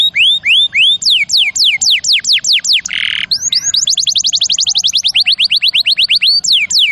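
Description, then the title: Canary singing rapid repeated whistled sweeps, interrupted by a short harsh buzz, followed by a fast rolling trill and a few final slurred notes. Champion canary song used as a master recording for training other birds. "Masteran Kenari Juara"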